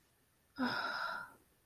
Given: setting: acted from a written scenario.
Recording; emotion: vocal sound without words; awe